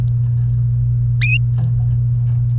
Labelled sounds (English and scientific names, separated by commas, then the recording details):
Domestic Canary (Serinus canaria) song
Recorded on 29 April 2018 at 06:33
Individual llb3